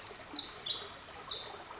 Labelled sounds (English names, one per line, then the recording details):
Pacific Wren
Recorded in Sonoma County, California